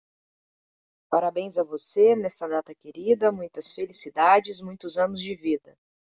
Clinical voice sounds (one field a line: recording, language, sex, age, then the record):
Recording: short text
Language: Brazilian Portuguese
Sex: female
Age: 30 to 39 years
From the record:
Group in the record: control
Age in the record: 33 years